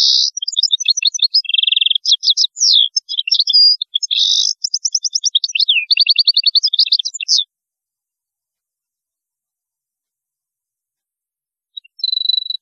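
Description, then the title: A European goldfinch pours out a continuous tinkling, twittering song with buzzy trills and sweeping notes for about seven seconds, then falls silent before a brief final buzz. "Chant Chardonneret"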